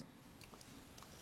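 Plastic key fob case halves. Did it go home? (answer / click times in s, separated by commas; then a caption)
no / none. The two plastic halves of a key fob case are handled with the key lined up, ready to be squeezed together. Faint, brief plastic ticks and rubs come through around 0.4–0.6 s and again near 1.0 s over a low, steady background. The case has not snapped closed yet; nothing has seated or clicked.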